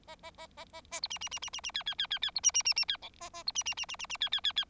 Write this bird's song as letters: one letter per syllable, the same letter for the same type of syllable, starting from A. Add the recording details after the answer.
A A A A A A B C C C C C C D D D D D B C C C C D E A A B C C C C C C D D D D. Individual Bird4